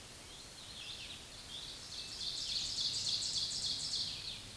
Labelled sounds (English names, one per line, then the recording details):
Ovenbird song
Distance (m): 45 m
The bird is about 10 m above the microphone
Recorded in a Pennsylvania forest on 16 May 2024 at 06:25
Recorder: AudioMoth, point MSD-1539
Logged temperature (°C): 16.0 °C
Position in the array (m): 131 m, 4 m